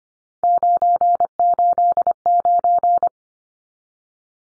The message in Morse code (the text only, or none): 989